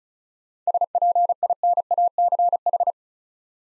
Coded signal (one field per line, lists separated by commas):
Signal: Morse code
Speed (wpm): 36 wpm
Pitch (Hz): 700 Hz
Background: none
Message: SPINACH